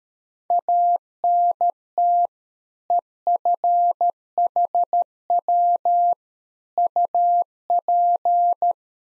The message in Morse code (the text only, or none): ANT EFHW UP